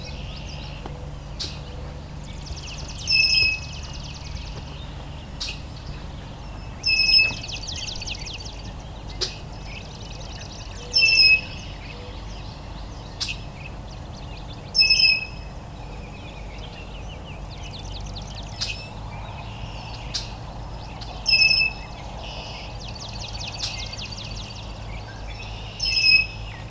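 At Valens Lake in June, a bird repeats a bright trilling phrase about every four seconds over a steady low rumble and faint background chirps.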